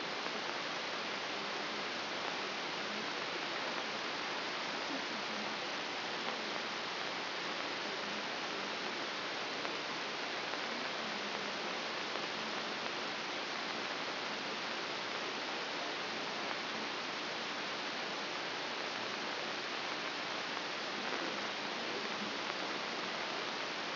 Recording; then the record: brain microelectrode recording played as sound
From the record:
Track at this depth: inside the subthalamic nucleus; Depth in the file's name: 2.433 mm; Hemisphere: left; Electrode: 3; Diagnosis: Parkinson's disease